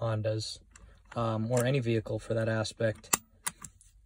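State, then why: Seated. Someone talks while pushing down on the seat belt minder mechanism in the seat belt of a 2019 Honda Pilot to disable the belt reminder. A sharp click sounds at 3.5 s, followed by fainter ticks. The minder toggle clicks down and seats.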